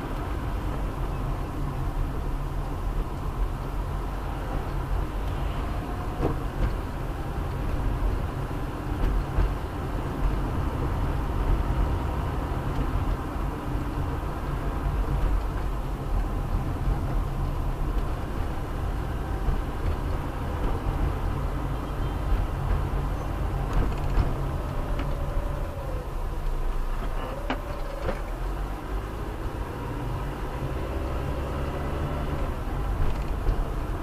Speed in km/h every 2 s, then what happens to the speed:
25, 23, 21, 24, 27, 28, 29, 29, 25, 24, 25, 24, 19, 9, 9, 16, 20.
0-5 steady at about 23. 5-14 speeds up to 29. 14-22 steady at about 25. 22-26 brakes to 9. 28-34 speeds up to 20.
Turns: none.